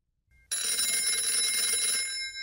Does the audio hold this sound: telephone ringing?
yes